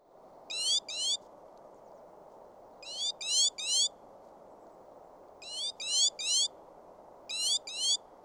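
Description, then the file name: Great tit song, sharp see-saw notes delivered in quick groups of two or three, repeated after short gaps against continuous low background noise. "Parus major"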